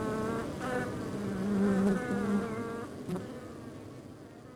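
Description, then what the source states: Honey bees buzzing in flight, a steady low drone with louder passes swelling and fading over a continuous background hum of many bees. Outside a beehive.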